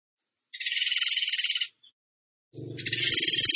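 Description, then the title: Bird song: two high, fast, buzzy pulsed trills, with a low rumbling sound under the second. Training song (masteran) for teaching songbirds, in the tembakan gacor style. "Masteran Burung Tembakan Gacor"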